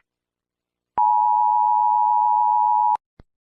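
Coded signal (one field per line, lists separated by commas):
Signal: Emergency Alert System (SAME) tones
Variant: 853 and 960 Hz attention tone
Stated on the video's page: Fictional tornado alert scenario set in a Roblox game.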